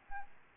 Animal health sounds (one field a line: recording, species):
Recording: mosquito wingbeat signal from an infrared sensor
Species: Aedes albopictus